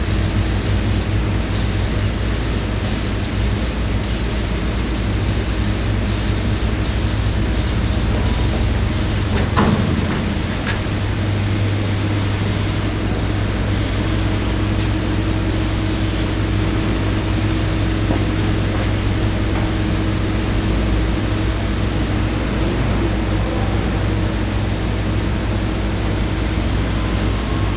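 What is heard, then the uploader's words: A steady construction rumble carries from a distance, dominated by a low engine drone with a humming tone that settles in after about ten seconds. Around the ten-second mark a brief clank and shift in the machinery stands out, with faint hiss above throughout. Construction Ambience in the Distance.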